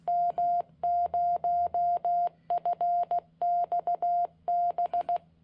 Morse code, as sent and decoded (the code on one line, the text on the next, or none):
-- ----- ..-. -..- -...
M0FXB